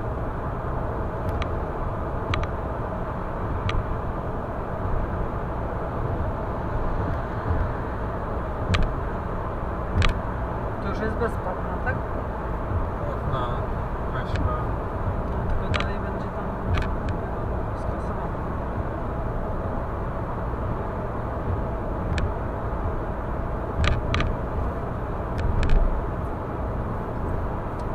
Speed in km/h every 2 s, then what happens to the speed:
116, 109, 107, 106, 106, 106, 106, 106, 106, 105, 105, 105, 105, 105.
0-3 slows to 107. 3-28 steady at about 106.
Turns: none.